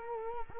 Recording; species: mosquito wingbeat signal from an infrared sensor; Culex quinquefasciatus